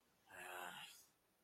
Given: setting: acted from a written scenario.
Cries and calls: vocal sound without words; anger

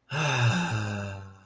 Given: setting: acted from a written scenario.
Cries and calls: vocal sound without words; ecstasy

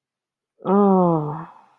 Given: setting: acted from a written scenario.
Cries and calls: vocal sound without words; ecstasy

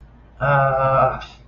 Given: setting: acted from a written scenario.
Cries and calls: vocal sound without words; distress

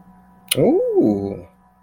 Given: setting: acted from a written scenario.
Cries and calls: vocal sound without words; interest

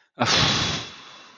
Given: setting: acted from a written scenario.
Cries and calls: vocal sound without words; disappointment

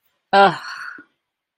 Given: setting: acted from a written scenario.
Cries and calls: vocal sound without words; embarrassment

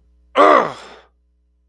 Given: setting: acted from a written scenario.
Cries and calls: vocal sound without words; pain

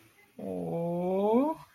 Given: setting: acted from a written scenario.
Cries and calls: vocal sound without words; sympathy

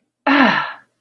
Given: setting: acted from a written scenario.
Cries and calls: vocal sound without words; pain

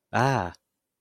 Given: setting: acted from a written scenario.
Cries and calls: vocal sound without words; fear

